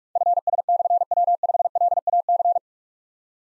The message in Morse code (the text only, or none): FS/W5LAC